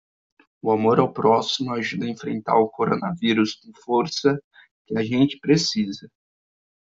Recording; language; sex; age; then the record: spoken sentence; Brazilian Portuguese; male; 20 to 29 years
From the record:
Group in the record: control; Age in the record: 20 years